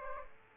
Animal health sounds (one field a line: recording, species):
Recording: mosquito wingbeat signal from an infrared sensor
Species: Aedes aegypti